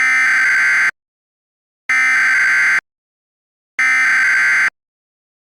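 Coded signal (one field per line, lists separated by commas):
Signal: Emergency Alert System (SAME) tones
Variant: header bursts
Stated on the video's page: Fictional EAS scenario, not a real alert.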